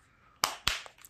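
A small fitting is pushed hard onto a new replacement carburetor on a Troy-Bilt 179cc snowblower engine during a carburetor swap. A sharp snap is heard at 0.4 seconds, followed by a second sharp snap at 0.7 seconds and a faint tick near 1.1 seconds. The part snaps into place and is seated.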